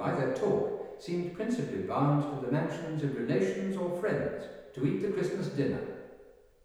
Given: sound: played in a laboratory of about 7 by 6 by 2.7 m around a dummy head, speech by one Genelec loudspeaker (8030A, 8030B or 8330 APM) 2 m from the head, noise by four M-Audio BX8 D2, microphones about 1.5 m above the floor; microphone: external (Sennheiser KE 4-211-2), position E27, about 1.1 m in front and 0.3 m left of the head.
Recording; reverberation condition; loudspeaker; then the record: male speech in English; high; 90 degrees to the left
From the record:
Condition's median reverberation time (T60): about 1300 ms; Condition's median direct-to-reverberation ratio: about -4.0 dB